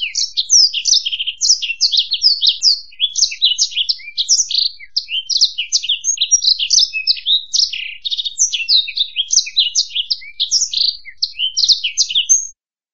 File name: suara burung blackthroat